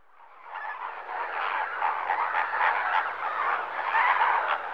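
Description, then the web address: Flamingos calling in a large flock, massed honking and grunting notes building up from quieter to loud over the first seconds, then holding as a thick continuous babble. Flamingos at a lake in Kenya in the morning. "BBC Sound Effects Library Africa - Natural World Kenya, Flamingoes, Morning, Lake"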